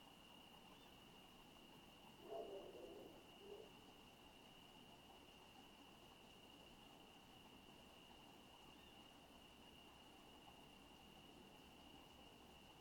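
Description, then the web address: Crickets hold a continuous high trill while a bird gives a brief, low, hoarse call around two seconds and a softer one shortly after, over low background rumble. Residential town at night; crickets with a night bird. "Sonik Sound Library - Spatial Towns Ambience, Residential, Night, Crickets, Night Bird"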